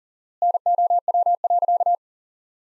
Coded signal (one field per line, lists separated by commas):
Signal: Morse code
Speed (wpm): 40 wpm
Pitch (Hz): 700 Hz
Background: none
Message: NOW.